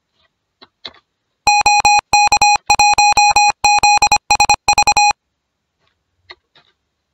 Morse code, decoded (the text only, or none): OK1ZSV